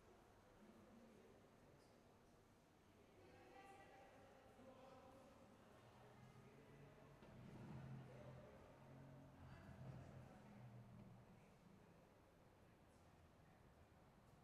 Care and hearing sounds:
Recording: everyday scene through a hearing-aid microphone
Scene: reverberant space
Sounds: background noise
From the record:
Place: railway station hall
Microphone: behind the ear, left, front

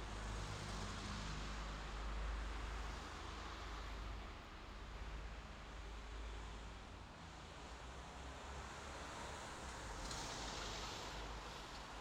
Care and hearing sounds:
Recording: everyday scene through a hearing-aid microphone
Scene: in traffic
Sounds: traffic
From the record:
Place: bus stop on a city main road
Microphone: in the ear canal, left

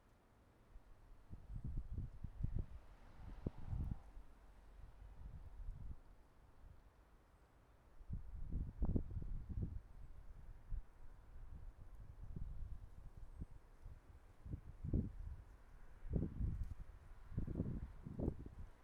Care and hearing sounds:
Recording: everyday scene through a hearing-aid microphone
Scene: wind on the microphone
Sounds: wind, traffic, birds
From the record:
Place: suburban garden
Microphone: behind the ear, right, rear

